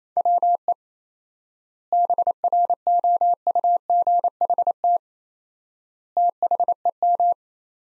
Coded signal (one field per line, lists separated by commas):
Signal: Morse code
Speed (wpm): 27 wpm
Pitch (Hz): 700 Hz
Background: none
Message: WE BROUGHT THEM